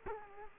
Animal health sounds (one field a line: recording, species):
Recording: mosquito wingbeat signal from an infrared sensor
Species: Culex quinquefasciatus